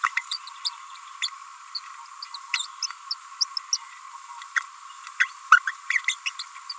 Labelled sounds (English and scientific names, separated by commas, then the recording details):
Green-rumped Parrotlet (Forpus passerinus) babbling
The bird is a female
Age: 29 days
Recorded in a nest box in Venezuela
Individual 17B42A4